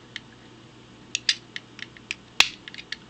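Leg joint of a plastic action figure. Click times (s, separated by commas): 2.4 s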